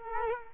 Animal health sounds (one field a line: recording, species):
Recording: mosquito wingbeat signal from an infrared sensor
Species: Culex quinquefasciatus